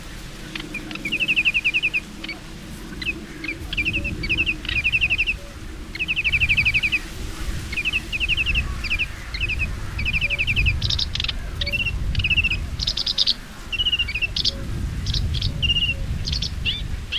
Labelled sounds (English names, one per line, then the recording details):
Sedge Warbler song
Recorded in the wild
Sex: male
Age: adult
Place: Zarnekow, Peenetal, Mecklenburg-Vorpommern, DE
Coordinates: 53.8772, 12.8892
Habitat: wetland
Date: 2010-06-08 21:50
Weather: fair, 20°C, weak easterly winds
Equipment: Sound Devices 702, Sennheiser MKH 70, Rycote Windschutz
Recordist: Frommolt, Karl-Heinz
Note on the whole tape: Polder Zarnekow-Upost: Leiser Gesang (subsong) eines Schilfrohrsängers. Entfernung 4 bis 6 m. Tier hat sich im Schilf ständig fortbewegt - kein längerer Aufenthalt auf Singwarten